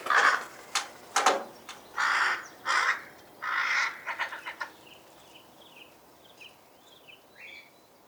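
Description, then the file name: Rook calls: a burst of harsh caws and rattling notes, then fainter, higher calls. "roek"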